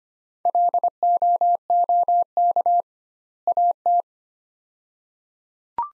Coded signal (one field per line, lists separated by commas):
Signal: Morse code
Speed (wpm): 25 wpm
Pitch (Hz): 700 Hz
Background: none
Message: LOOK AT